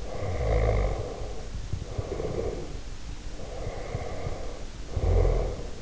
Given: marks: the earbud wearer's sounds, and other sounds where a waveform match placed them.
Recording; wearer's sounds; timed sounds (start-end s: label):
sounds in sleep by an in-ear microphone; snoring breath
0.11-3.03 s: snoring breath
3.49-5.82 s: snoring breath